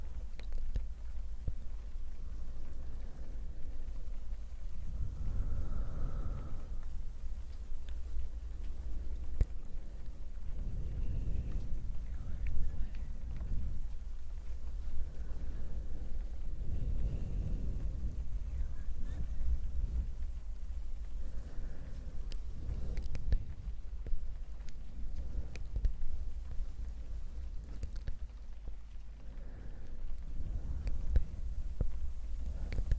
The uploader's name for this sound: ear to ear Mic Brushing and Breathy Whispers with Rain Sounds